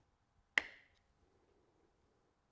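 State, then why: Released. A small flat screwdriver slid under the plastic cap on top of the door hinge of a Bushman DC-L Series upright fridge, lined up with the screws on the side, is levered until the cap pops off. One sharp click is heard at 0.6 s, with a brief bright ring that fades within about half a second. The plastic hinge cap is released.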